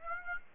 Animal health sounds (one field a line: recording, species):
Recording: mosquito wingbeat signal from an infrared sensor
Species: Aedes aegypti